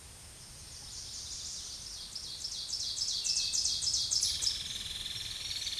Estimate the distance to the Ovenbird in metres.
about 15 m